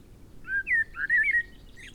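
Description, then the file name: Common blackbird gives a single brief, melodious whistled phrase of slurred notes, with a faint high squeak at the end. "Turdus merula"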